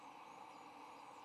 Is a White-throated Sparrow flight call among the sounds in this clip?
no